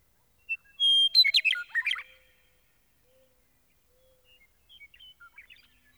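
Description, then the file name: Meadowlark song: a clear high whistled note, then a quick jumble of gurgling, fluty notes lasting about a second, followed by soft scattered chirps. "Gordon Hempton - Meadowlark"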